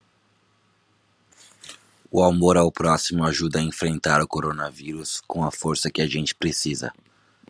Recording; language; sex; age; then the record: spoken sentence; Brazilian Portuguese; male; 20 to 29 years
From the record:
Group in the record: control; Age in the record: 29 years